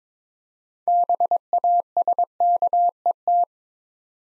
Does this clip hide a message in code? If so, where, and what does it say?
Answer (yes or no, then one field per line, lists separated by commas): yes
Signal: Morse code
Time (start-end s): 0.9-3.4 s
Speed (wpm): 22 wpm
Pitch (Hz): 700 Hz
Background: none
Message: BASKET